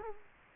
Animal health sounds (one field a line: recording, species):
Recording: mosquito wingbeat signal from an infrared sensor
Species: Culex quinquefasciatus